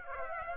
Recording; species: mosquito wingbeat signal from an infrared sensor; Aedes aegypti